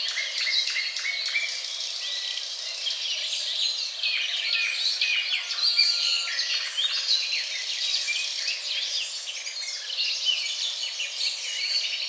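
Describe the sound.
Birds in full chorus: rapid overlapping chirps, twitters and trills without pause, with one longer thin whistle around the middle.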